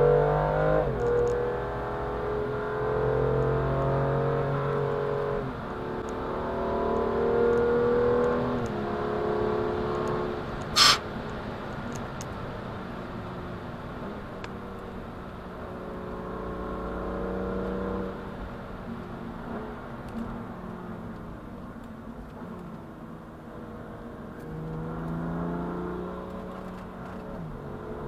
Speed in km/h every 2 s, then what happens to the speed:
132, 138, 139, 157, 173, 173, 144, 138, 130, 128, 92, 74, 71, 71.
0-8 speeds up to 173. 10-28 brakes to 71.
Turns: 21-24.